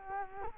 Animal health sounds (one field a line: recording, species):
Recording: mosquito wingbeat signal from an infrared sensor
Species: Culex quinquefasciatus